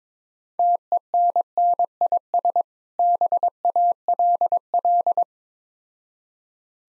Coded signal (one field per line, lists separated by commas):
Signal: Morse code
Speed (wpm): 22 wpm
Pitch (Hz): 700 Hz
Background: none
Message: TENNIS BALL